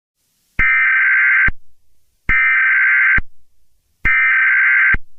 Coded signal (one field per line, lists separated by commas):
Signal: Emergency Alert System (SAME) tones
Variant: header bursts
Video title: [EAS SCENARIO] CHINESE AMERICAN WAR : a remake